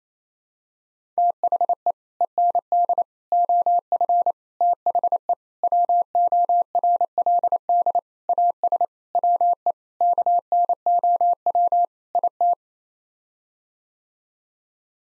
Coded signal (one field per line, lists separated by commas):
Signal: Morse code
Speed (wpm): 28 wpm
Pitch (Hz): 700 Hz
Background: none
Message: THE END OF THE WORLD AS WE KNOW IT